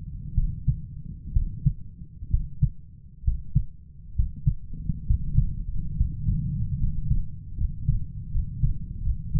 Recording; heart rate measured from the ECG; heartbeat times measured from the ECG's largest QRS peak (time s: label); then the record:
heart sounds by stethoscope; 69 bpm
0.34 s: heartbeat
1.32 s: heartbeat
2.30 s: heartbeat
3.23 s: heartbeat
4.15 s: heartbeat
5.06 s: heartbeat
5.96 s: heartbeat
6.79 s: heartbeat
7.56 s: heartbeat
8.30 s: heartbeat
9.01 s: heartbeat
From the record:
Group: healthy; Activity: cold pressor test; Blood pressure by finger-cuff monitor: 127/76 mmHg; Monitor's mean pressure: 88 mmHg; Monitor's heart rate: 66 bpm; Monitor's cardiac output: 7.2 L/min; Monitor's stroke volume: 110 mL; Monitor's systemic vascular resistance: 910 dyn s/cm5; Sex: male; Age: 23 years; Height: 178 cm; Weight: 96.6 kg